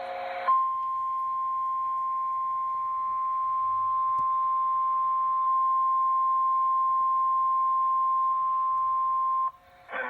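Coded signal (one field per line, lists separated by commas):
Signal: Emergency Alert System (SAME) tones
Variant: 1050 Hz attention tone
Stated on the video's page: Severe thunderstorm warning relayed on KHQ-DT.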